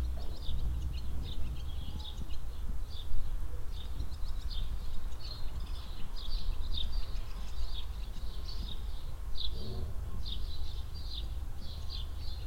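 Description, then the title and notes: Swallows twittering almost continuously, rapid high scratchy chirps in clusters throughout, with a low rumbling background and soft wind. Swallows flying under a shed roof in a village-centre barnyard in Hoscheid; mellow wind; early afternoon in spring. "Hoscheid - Barn Yard Swallows. At a barn yard in the centre of the village. Swallows flying under the roof of the shed. Mellow wind. Recorded in the early afternoon in spring time"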